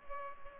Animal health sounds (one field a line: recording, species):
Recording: mosquito wingbeat signal from an infrared sensor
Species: Culex pipiens